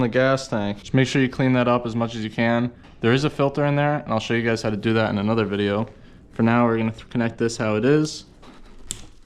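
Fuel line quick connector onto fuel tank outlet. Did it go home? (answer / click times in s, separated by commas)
yes / 8.9 s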